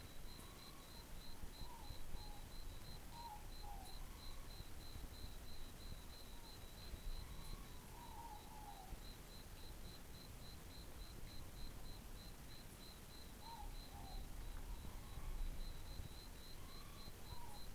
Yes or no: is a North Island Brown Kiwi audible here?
no